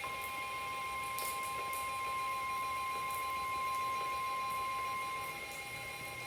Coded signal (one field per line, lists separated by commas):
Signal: Emergency Alert System (SAME) tones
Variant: 1050 Hz attention tone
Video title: EAS #676 NOAA Weather Radio Severe T’storm Warning 6/16/23 12:25 PM